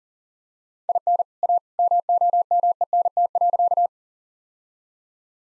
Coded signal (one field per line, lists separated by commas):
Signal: Morse code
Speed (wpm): 40 wpm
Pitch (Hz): 700 Hz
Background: none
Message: IN A MOMENT.